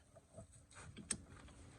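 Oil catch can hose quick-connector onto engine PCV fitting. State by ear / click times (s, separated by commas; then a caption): seated / 1.1 s. The short oil catch can hose, fished through the engine bay of a Tahoe/Yukon/Suburban/Escalade/Silverado/Sierra, has its plastic quick-connect end pushed onto the engine's PCV fitting. After faint handling noises around 0.7 and 1.0 s, a sharp, bright click sounds at 1.1 s. The quick-connect clicks in and is seated on the fitting.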